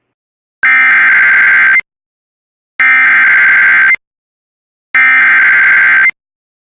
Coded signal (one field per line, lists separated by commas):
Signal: Emergency Alert System (SAME) tones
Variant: header bursts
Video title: EAS #59-63: 5 Severe T-storm Warnings